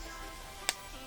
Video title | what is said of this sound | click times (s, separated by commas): 2014 WRX Hatch OEM Rain Guard Install | you hear that little snap that goes with it | 0.7 s